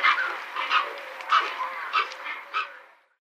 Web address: Schulze Peter Dalmatian Pelican